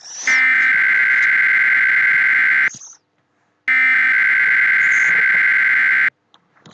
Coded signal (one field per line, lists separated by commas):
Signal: Emergency Alert System (SAME) tones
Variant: header bursts